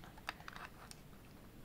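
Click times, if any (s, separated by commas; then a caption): none. A plastic clip-on obstacle sensor for a MY-MAX M105 drone is lined up by its teeth on the other side of the drone body and handled against it. A sharp plastic tick comes at about 0.3 s, followed by light tapping and rustling handling sounds. Nothing has seated or clicked yet.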